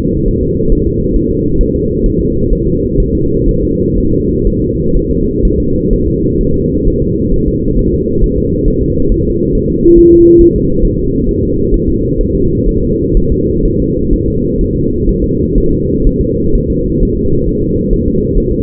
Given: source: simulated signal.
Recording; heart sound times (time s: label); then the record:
fetal heart sounds
0.28 s: S1
0.43 s: S2
0.72 s: S1
0.87 s: S2
1.16 s: S1
1.31 s: S2
1.61 s: S1
1.76 s: S2
2.06 s: S1
2.21 s: S2
2.53 s: S1
2.67 s: S2
3.00 s: S1
3.15 s: S2
3.49 s: S1
3.63 s: S2
3.98 s: S1
4.13 s: S2
4.47 s: S1
4.62 s: S2
4.96 s: S1
5.11 s: S2
5.45 s: S1
5.60 s: S2
5.93 s: S1
6.08 s: S2
6.41 s: S1
6.56 s: S2
6.88 s: S1
7.02 s: S2
7.34 s: S1
7.48 s: S2
7.79 s: S1
7.94 s: S2
8.24 s: S1
8.38 s: S2
8.68 s: S1
8.83 s: S2
9.12 s: S1
9.26 s: S2
9.55 s: S1
9.70 s: S2
9.98 s: S1
10.13 s: S2
10.41 s: S1
10.56 s: S2
10.85 s: S1
10.99 s: S2
11.29 s: S1
11.43 s: S2
11.74 s: S1
11.89 s: S2
12.21 s: S1
12.36 s: S2
12.69 s: S1
12.83 s: S2
13.17 s: S1
13.32 s: S2
13.66 s: S1
13.80 s: S2
14.13 s: S1
14.28 s: S2
14.61 s: S1
14.76 s: S2
15.09 s: S1
15.24 s: S2
15.58 s: S1
15.73 s: S2
16.07 s: S1
16.21 s: S2
16.55 s: S1
16.70 s: S2
17.03 s: S1
17.17 s: S2
17.49 s: S1
17.63 s: S2
17.93 s: S1
18.08 s: S2
18.38 s: S1
18.52 s: S2
From the record:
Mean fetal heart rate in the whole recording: 130 bpm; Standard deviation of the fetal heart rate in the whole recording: 4 bpm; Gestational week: 38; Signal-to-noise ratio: -15.3 dB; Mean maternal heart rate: 72 bpm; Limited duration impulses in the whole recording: present